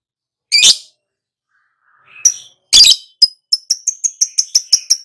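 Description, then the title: Lovebird calls: two raspy shrieks, a short squeak and one sharp chip, then a quick run of high ticking notes. Prompting recording meant to get a lovebird to answer and sing loudly and continuously. "Pancingan Lovebird Agar Nyaut GACOR"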